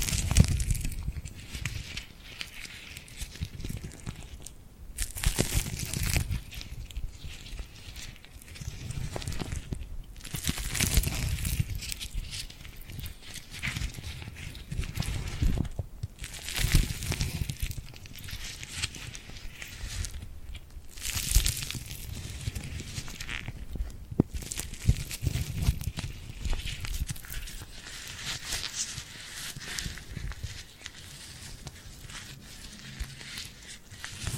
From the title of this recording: ASMR Tingly Glued Hand Sounds